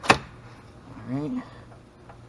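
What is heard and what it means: On an EZGO TXT golf cart that won't go into reverse, the forward/reverse selector detent on the direction switch is handled after a new shift cable is installed. A sharp knock sounds at 0.1 s, someone talks briefly, and a faint tick follows near 2.1 s. Nothing has seated or clicked into gear yet.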